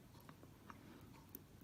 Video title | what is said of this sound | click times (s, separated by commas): Seiko 6309A Assembly Part 1 - Motion Works | it into position I've just heard that slightly click you want to make sure there's no rock | 1.4 s